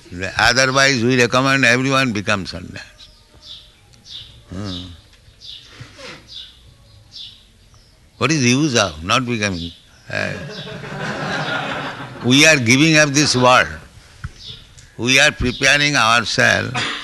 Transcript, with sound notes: ...otherwise, we recommend everyone become sannyāsa. What is the use of not becoming? [laughter] We are giving up this world. We are preparing ourself